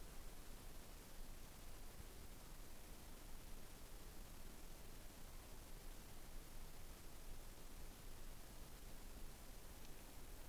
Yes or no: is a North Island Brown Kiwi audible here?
no